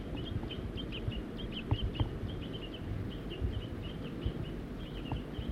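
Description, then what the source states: Crossbill calls: a scattered series of short chips over heavy low rumble. Whole family of four crossbills, adults and juveniles.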